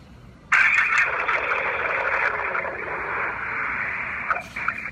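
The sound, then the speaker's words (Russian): A harsh, tinny engine roar comes through a phone line as someone is asked to rev it three times, starting abruptly and holding fairly steady for about four seconds before cutting off, with no distinct separate revs. “Так ты можешь, вот я тебя просил, 3 раза на нем прогазовать, 3 раза на нем газануть.”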